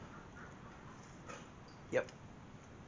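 Someone handles the electrical connector on the fuel pump sending unit of a 1984 C4 Corvette, finding its small locking tab to push it home while briefly talking. Low background noise runs throughout, with a short broadband burst near 2.0 seconds. Nothing has seated or clicked yet.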